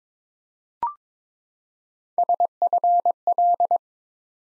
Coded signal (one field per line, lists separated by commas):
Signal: Morse code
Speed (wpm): 22 wpm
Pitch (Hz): 700 Hz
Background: none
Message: SFL